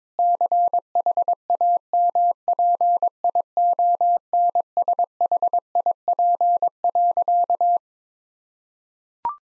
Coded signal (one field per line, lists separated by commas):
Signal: Morse code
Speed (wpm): 22 wpm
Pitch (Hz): 700 Hz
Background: none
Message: CHAMPIONSHIP.